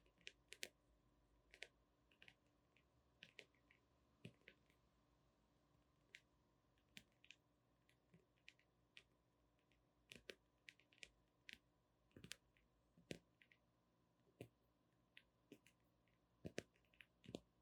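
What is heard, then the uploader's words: Gentle tapping, short crisp clicks arriving in loose irregular bursts over a faint steady low hum. ASMR 抒壓放鬆的輕柔敲擊聲 | Gentle Tapping for Sleep | NO Talking.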